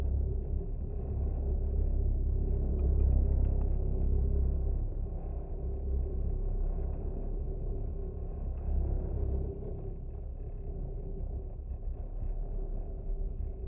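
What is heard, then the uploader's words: Wind through a wire fence makes a steady, deep rumbling roar with a constant low hum running underneath, easing slightly after ten seconds. Windfence. It was a cloudy windy day when I visited the beach at the base of the grassland dunes in Warren Dunes State Park. In this second recording both contact microphones were attached to the twisted metal wire which held up the wooden pieces of this fence. I love the low vibrations in this recording.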